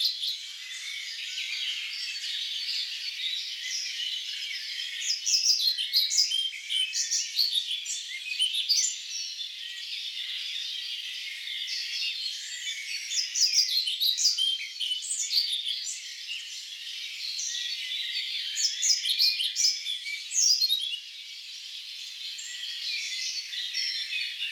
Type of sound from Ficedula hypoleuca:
song